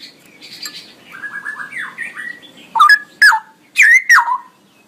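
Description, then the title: Straw-headed bulbul song: soft, low warbling at first, then four loud, rich, gurgling bursts with downward slides. Male; described in Indonesian as gacor (singing persistently) with a loud voice and long, drawn-out 'ROoo EL' phrases. "GILEEE Cucak ROWO Jantan GACOR Suara Lantang ROoo EL Panjang"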